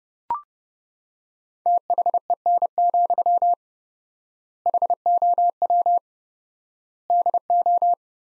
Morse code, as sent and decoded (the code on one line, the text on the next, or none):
- .... . -. --..-- / .... --- .-- / -.. ---
THEN, HOW DO